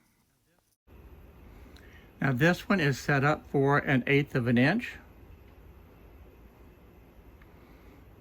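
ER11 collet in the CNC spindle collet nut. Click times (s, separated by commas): 1.8 s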